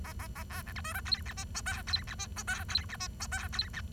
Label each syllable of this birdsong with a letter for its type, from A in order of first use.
A A A B C D E F G H I J K G H I J K G H I J K G H